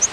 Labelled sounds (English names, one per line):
Yellow-rumped Warbler flight call